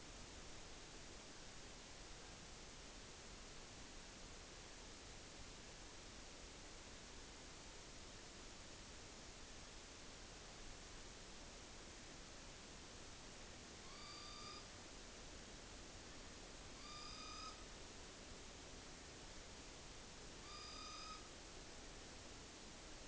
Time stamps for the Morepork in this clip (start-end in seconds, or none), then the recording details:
13.66-14.83, 16.57-17.70, 20.29-21.28. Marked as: faintness 1/5. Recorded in New Zealand on 9 October 2013. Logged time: 17:00. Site Ponui